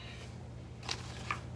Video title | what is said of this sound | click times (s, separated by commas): Downix Gaming Chair Unboxing and First Impressions | everybody is locked into place | 0.9 s, 1.3 s